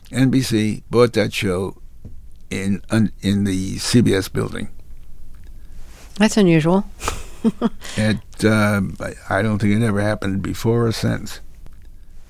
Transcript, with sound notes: NBC bought that show in the CBS building.
That's unusual (laughter).
I don't think it ever happened before or since.